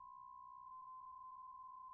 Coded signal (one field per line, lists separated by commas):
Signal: PSK63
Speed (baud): 62.5 baud